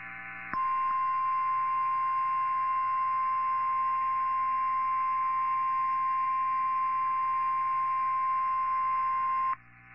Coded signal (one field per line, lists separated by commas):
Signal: Emergency Alert System (SAME) tones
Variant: 1050 Hz attention tone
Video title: Stormy Sunday... EAS Alerts From 4/10/21 & 4/11/21- EAS #209 - #225